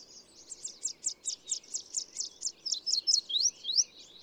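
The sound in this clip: Bird song: a high, evenly and rapidly repeated note, turning into louder sliding notes, over a faint steady background hiss.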